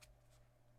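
A metal kickstand on the back of an ESR phone case for a Galaxy S24 Ultra is handled as it is folded toward its recess. There are faint rubbing and handling sounds with a brief soft burst at the start, over a steady low hum. Nothing has seated or clicked yet.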